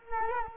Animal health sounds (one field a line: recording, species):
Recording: mosquito wingbeat signal from an infrared sensor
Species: Culex quinquefasciatus